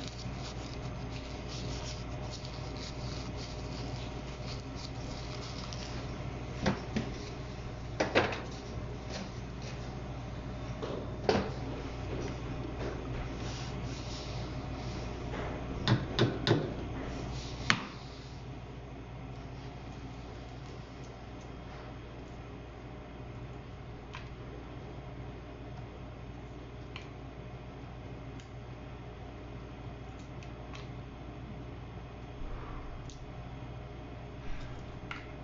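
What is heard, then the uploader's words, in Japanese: Natto and egg are stirred in a bowl, with sharp clicks and taps of utensils against the dish scattered through the first half, a few louder knocks around sixteen to eighteen seconds. After that the clip settles into a steadier, quieter hiss with occasional faint ticks over a low hum. 納豆オムレツを混ぜる。納豆オムレツを混ぜている音～焼いている最中の音をお送りします。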